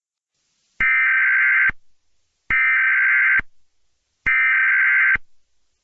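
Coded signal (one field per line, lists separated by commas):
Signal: Emergency Alert System (SAME) tones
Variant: header bursts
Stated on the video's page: Simulated EAS scenario.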